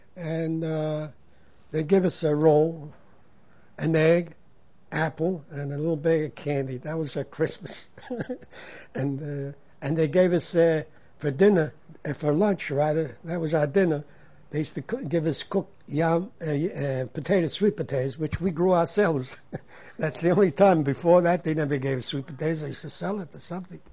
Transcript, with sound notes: and they'd give us a roll, an egg, apple and a little bag of candy, that was our Christmas (he laughs) and they gave us for dinner, uh, for lunch rather, that was our dinner, they used to give us cooked yam, sweet potatoes which we grew ourselves, that's the only time, before that they never gave us sweet potatoes, they used to sell them or something.